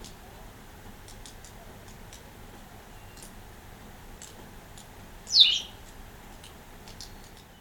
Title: Sylvain Jaskowiak - Mes piafs. Bergeronnette grise